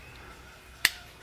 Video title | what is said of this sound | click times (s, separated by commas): RJ Fab EP:09 | as that captures on, tightens on until it clicks, and it's sealed. | 0.8 s